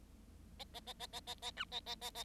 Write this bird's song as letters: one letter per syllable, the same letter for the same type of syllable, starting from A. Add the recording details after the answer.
A A A A A A A B A A A A. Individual Bird7